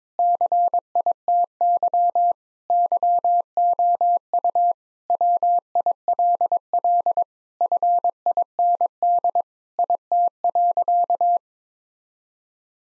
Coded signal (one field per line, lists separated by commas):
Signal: Morse code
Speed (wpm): 22 wpm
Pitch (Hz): 700 Hz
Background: none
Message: CITY YOU WILL FIND IT.